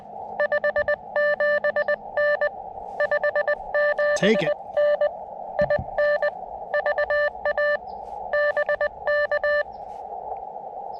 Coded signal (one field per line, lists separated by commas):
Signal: Morse code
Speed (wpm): 22 wpm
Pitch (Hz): 590 Hz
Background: speech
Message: 57N 57N IN VA BK